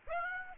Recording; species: mosquito wingbeat signal from an infrared sensor; Aedes aegypti